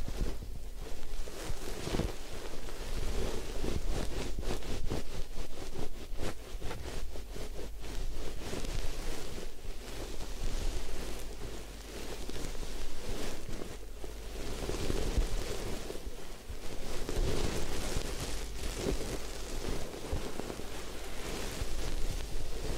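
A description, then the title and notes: Hair washing and scalp massage at a head spa, with a steady wet rushing like running water or foam being worked through hair. Rapid scrubbing strokes flicker throughout, easing briefly around twelve and sixteen seconds before picking up again. Head Spa Hair Wash, Massage, Ear Cleaning.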